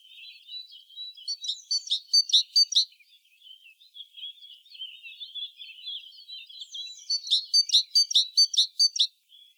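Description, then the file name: Great tit calling, two runs of rapid, harsh repeated notes separated by quieter high twittering and chirps. "Parus major"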